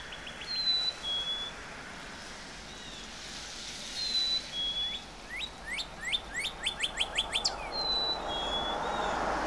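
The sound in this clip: Northern Cardinal song: a run of many sharp down-slurred whistles, with thin level whistles before and after and a faint run of quick notes near the start.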